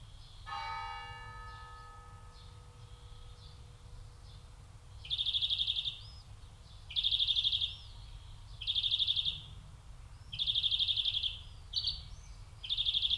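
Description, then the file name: European greenfinch trilling in repeated buzzy bursts after a few quiet seconds, over a steady low rumble. "Chloris chloris"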